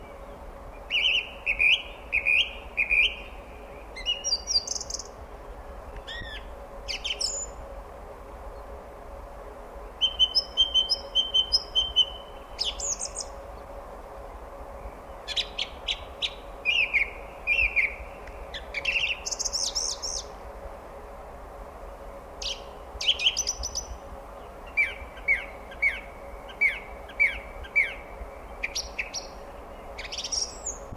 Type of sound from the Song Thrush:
song